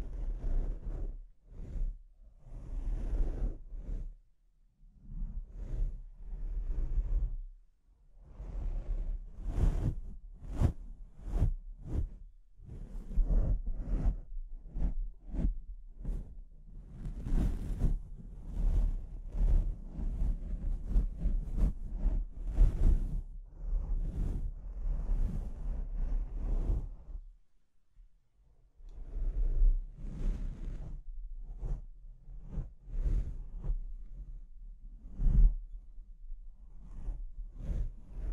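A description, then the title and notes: Microphone scratching in dense bursts of sharp rubbing and scraping, reaching bright highs over a constant low rumble, with brief pauses near 5, 8 and 28 seconds. ASMR Brain Melting Mic Scratching (No Talking).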